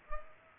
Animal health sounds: mosquito wingbeat signal from an infrared sensor; Culex pipiens

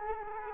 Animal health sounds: mosquito wingbeat signal from an infrared sensor; Culex quinquefasciatus

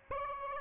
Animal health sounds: mosquito wingbeat signal from an infrared sensor; Aedes albopictus

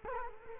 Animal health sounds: mosquito wingbeat signal from an infrared sensor; Culex quinquefasciatus

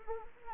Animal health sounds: mosquito wingbeat signal from an infrared sensor; Anopheles arabiensis

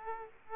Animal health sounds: mosquito wingbeat signal from an infrared sensor; Aedes aegypti

